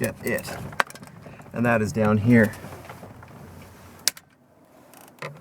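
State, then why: Released. On a 1996 Chevy Tahoe door, the last remaining lower door panel retaining clip is pried loose while someone talks. A loud, sharp pop at 4.1 s marks the clip popping free, followed by a few faint clicks and scrapes.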